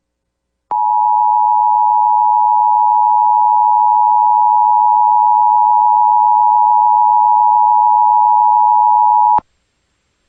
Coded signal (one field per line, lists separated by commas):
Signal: Emergency Alert System (SAME) tones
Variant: 853 and 960 Hz attention tone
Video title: EAS Required Monthly Test Albany County, Wyoming (KLMI Laramie, WY) +WeatherSTAR4000